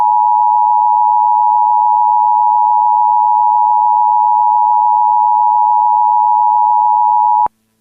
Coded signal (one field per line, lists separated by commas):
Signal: Emergency Alert System (SAME) tones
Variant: 853 and 960 Hz attention tone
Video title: EAS simulacion / EAS MOCK - ni Pennsylvania esta tranquila (AT&T MIKE voice)